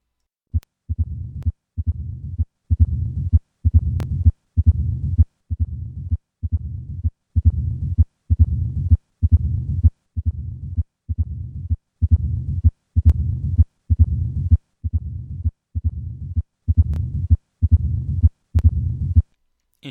Tricuspid stenosis at the left sternal border and note the inspiratory increase in this murmur.